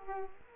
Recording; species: mosquito wingbeat signal from an infrared sensor; Culex quinquefasciatus